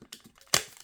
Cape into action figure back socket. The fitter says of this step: Voilà, ça se clipse très très très bien.